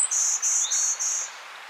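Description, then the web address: Golden-winged warbler song with its opening high buzz cut short, then four lower buzzy notes repeated evenly before quiet background hiss. "Outdoor Ed Girl Scout Golden-Winged. Warbler"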